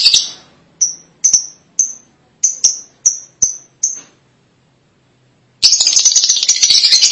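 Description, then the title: Lovebird chirps, a brief chatter, then a series of short sharp high notes, silence, and a burst of dense buzzy chattering at the end. "BM Suara Burung Lovebird"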